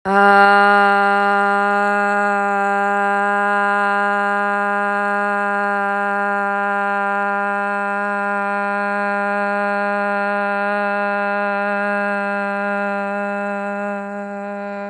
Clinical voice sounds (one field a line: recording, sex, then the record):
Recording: sustained vowel /a/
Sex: female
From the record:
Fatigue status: no fatigue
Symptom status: symptomatic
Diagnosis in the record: COVID-19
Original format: m4a